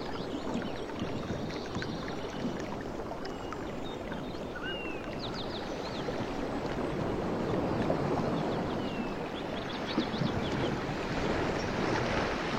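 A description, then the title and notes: Dense, steady wash of water sloshing, with faint bird chirps scattered above it and a slight swell in loudness after eight seconds. Ocean Beach and Forest Sounds. This 1.5-hour audio recording captures the essence of a tranquil beach setting, with water white noise. Ocean waves, and soft water splashes.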